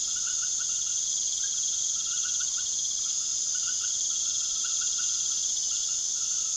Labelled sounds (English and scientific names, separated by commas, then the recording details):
none
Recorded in secondary vegetation near Puerto Asís, Putumayo, Colombia, on 19 June 2025 at 19:00
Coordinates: 0.489, -76.322
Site G021